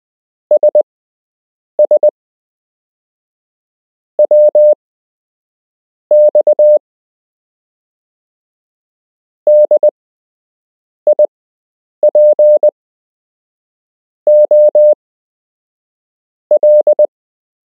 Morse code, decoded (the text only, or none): SS W X DIPOL